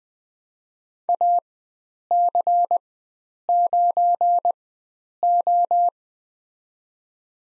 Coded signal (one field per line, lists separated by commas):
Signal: Morse code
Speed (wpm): 21 wpm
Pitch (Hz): 700 Hz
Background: none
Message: AC9O